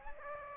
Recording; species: mosquito wingbeat signal from an infrared sensor; Aedes aegypti